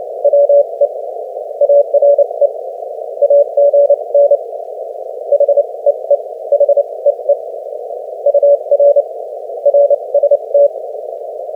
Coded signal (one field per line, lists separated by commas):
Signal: Morse code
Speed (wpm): 27 wpm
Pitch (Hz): 570 Hz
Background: none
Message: WE ARE AGN HEE HEE UR RST